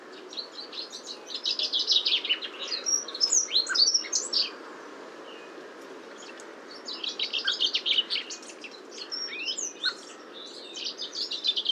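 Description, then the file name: Common chaffinch singing two phrases of rapid, bright notes separated by a quiet gap of a few seconds. "Fringilla coelebs"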